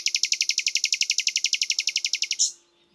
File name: Luscinia megarhynchos